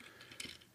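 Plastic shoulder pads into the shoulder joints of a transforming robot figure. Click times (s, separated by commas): 0.4 s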